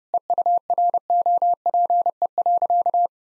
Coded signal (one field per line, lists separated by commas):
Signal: Morse code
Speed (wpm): 32 wpm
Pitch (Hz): 700 Hz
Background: none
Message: EUROPE.